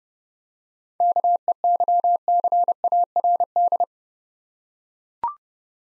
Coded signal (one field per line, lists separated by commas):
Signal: Morse code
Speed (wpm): 30 wpm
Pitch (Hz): 700 Hz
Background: none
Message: KEYCARD